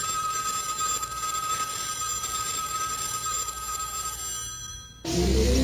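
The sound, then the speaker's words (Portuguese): A radio listener phone line rings with a steady, high electronic tone that holds for about five seconds before cutting off abruptly into a different, louder sound. No one speaks. “Telefone do ouvinte das outras rádios.”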